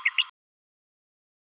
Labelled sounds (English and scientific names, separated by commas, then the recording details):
Green-rumped Parrotlet (Forpus passerinus) babbling
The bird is a male
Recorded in a nest box in Venezuela
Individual 17B31A2